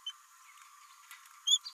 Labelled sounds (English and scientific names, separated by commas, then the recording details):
Green-rumped Parrotlet (Forpus passerinus) babbling
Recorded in a nest box in Venezuela
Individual 18B104A5